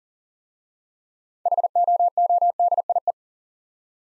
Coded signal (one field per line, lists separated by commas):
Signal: Morse code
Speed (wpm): 43 wpm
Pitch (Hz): 700 Hz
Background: none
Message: HOODIE